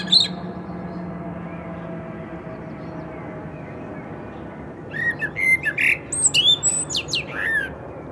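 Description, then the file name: Common blackbird starting a phrase after a quiet stretch of low hum: a few whistles followed by quick, high, chattering squeaks. "Turdus merula"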